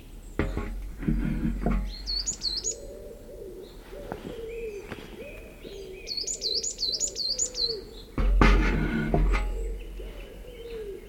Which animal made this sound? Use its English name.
Coal Tit